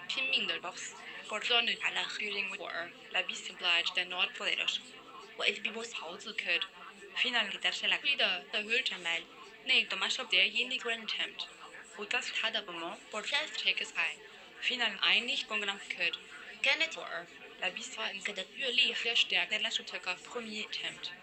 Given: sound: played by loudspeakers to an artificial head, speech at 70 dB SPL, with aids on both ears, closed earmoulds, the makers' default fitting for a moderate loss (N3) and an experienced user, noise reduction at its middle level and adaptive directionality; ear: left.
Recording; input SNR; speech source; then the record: speech test signal (ISTS) in cocktail-party noise; -3 dB; in front (0 degrees)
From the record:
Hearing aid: class 1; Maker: I